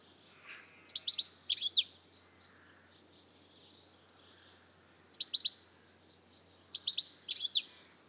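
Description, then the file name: European goldfinch giving short clusters of bright, metallic twittering notes, three brief bouts spaced a few seconds apart against quiet background. "Carduelis carduelis"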